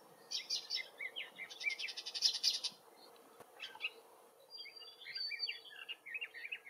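Woodchat shrike giving a scratchy, varied warble of buzzy chattering phrases and short whistled notes, broken by brief pauses, with a steady low hum underneath.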